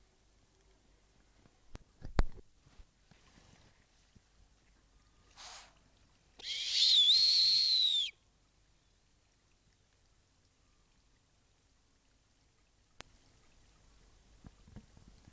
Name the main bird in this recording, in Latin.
Bubo scandiacus